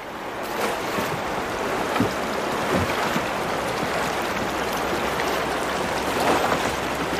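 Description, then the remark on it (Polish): The rushing current of the Dunajec, a mountain river in Poland, roars steadily for several seconds, a dense hiss of churning water with occasional splashes and knocks breaking through, and no voices. “Starsze pokolenie uczy następców, jak radzić sobie z przyrodą, rwącym nurtem rzeki czy niespodziankami, którymi zaskakuje natura.”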